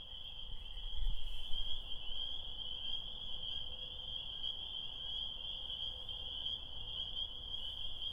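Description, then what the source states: Spring peepers calling en masse, a continuous shrill band of overlapping peeps, with a brief low thump near the start. Tiny frogs singing their desire on a spring night, heard on the way home from recording in Connecticut.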